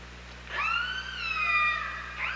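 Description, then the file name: Killer whale call, one long sweeping tone rising quickly then gently falling, rich harmonics, ending with a brief second note, over low hum. OrcaLab hydrophone recording, 24 August 2017, 07:54. "Orca Lab JASON 20170824 075418"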